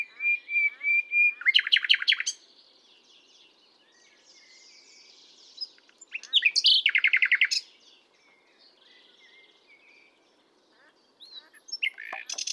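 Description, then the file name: Common nightingale song: a run of whistled notes leading into a loud rapid rattle, a quiet gap, then another pulsing rattle phrase and a further burst of sharp notes at the end. "Luscinia megarhynchos"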